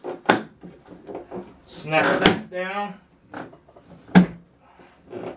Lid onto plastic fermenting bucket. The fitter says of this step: and then we'll just cover it with our lid snap